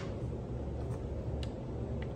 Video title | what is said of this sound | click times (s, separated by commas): Rebuilding a Stihl Chainsaw that Runs Rough | then get it right above that Tab and just push it until it clicks | 1.4 s, 2.0 s